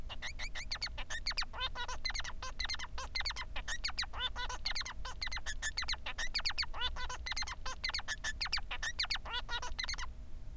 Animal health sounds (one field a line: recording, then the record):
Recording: song of a male Bengalese finch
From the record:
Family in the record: son of father 3